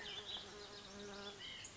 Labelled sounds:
White-breasted Nuthatch (Sitta carolinensis)
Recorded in Sonoma County, California

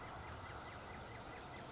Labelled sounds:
California Towhee (Melozone crissalis)
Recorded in Sonoma County, California

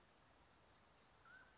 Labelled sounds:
Mountain Quail (Oreortyx pictus)
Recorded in Sonoma County, California

